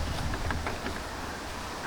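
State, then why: Seated. While installing a new FR500 steering wheel on a 1998 Mustang GT, the steering column wiring connector is plugged back into the steering wheel harness over a steady low rumble. Short knocks come at 0.3 and 0.7 seconds, and the sharpest one, at 0.5 seconds, is the plastic connector clicking as it latches and seats.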